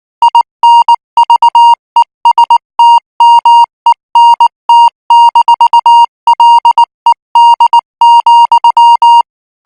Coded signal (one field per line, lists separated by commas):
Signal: Morse code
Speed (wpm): 19 wpm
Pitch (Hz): 940 Hz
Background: music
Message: INVESTMENT-LED,